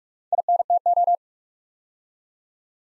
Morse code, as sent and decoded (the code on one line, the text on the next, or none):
.. -. - ---
INTO